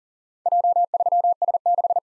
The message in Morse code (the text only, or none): J3S6